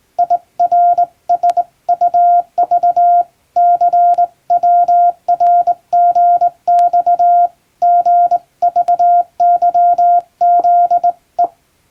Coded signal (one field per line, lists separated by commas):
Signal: Morse code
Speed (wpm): 21 wpm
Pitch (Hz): 700 Hz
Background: none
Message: IRSUV CWRGX GVYZE